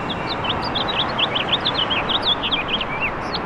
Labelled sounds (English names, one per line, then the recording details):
House Finch song
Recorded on Long Island, New York, on 6 June 2011
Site FL
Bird A